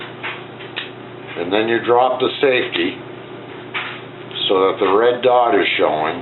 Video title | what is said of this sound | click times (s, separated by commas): Bear River 1911 BB Pistol | slide and you pull it back to the hear a nice click and | 0.8 s